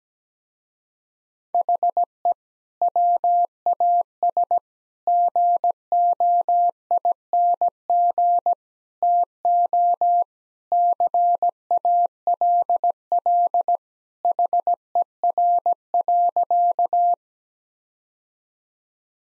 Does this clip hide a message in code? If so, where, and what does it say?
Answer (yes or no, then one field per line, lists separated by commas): yes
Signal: Morse code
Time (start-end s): 1.5-17.1 s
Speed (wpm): 17 wpm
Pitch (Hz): 700 Hz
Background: none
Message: HE WAS GOING TO CALL HER.